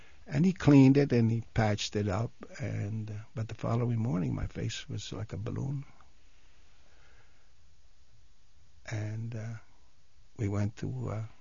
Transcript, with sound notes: And he cleaned it, and he patched it up, and, but the following morning my face was like a balloon. (he pauses) And we went to